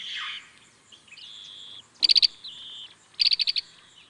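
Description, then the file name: Asian green bee-eater giving steady high trilled calls, interrupted twice by quick series of sharp clicking notes. "abelharuco verde Merops orientalis"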